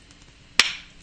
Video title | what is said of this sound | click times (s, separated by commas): weight loss with nutracelle webinar | Could you hear that snap? It has a nice loud snap. | 0.6 s